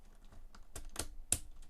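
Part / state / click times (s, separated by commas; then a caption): plastic building-set part onto pins / seated / 1.3 s. A plastic part from the Lego Formula Off-Roader set #42037 is fitted onto pins, with light plastic ticks and taps at about 0.8 s and 1.0 s. It then snaps into place with one very loud, sharp, chunky hit at 1.3 s, and the part is seated.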